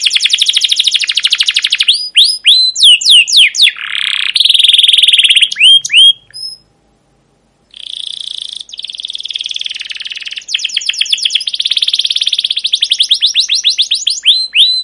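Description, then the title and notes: Canary song of fast rolling trills and sweeping chirps, broken by a silent gap of about a second, then resuming with long rapid trills. Long, persistent, emotive chirping 'cuit cuit' rolling canary song, used as a lure and as a tutor for young canaries learning to sing. "CUIT CUIT NGEROL LANGSUNG GACOR PANJANG Kenari Ini Utk Pancingan KENAR. PANCINGAN Kenari GACOR PANJANG Cuit CUIT EMOSI ini utk MASTERAN Kenari PAUD belajar BUNYI. burung kenari"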